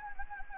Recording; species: mosquito wingbeat signal from an infrared sensor; Anopheles gambiae